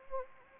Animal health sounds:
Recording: mosquito wingbeat signal from an infrared sensor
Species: Anopheles gambiae

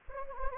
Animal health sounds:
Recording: mosquito wingbeat signal from an infrared sensor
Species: Anopheles gambiae

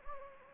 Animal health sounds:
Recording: mosquito wingbeat signal from an infrared sensor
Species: Anopheles gambiae

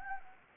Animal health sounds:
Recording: mosquito wingbeat signal from an infrared sensor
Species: Anopheles arabiensis

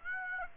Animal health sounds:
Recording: mosquito wingbeat signal from an infrared sensor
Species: Aedes aegypti

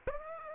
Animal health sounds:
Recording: mosquito wingbeat signal from an infrared sensor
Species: Aedes aegypti

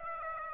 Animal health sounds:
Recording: mosquito wingbeat signal from an infrared sensor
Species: Aedes aegypti

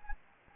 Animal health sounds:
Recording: mosquito wingbeat signal from an infrared sensor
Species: Anopheles gambiae

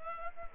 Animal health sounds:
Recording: mosquito wingbeat signal from an infrared sensor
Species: Culex pipiens

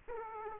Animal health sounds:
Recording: mosquito wingbeat signal from an infrared sensor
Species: Aedes aegypti

